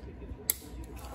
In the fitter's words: and you just want to put some leverage in there and you can hear it click right in doesn't take much at all